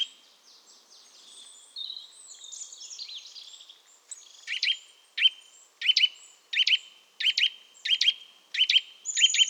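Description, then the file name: Eurasian nuthatch giving sharp, doubled chirping calls in a quick, fairly regular series, after a stretch of softer, higher twittering. "Sitta europaea"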